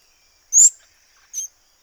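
Orinoco piculet calls: two thin, very high, sharp notes, the first louder and slightly rising, the second softer, over a faint steady high hum.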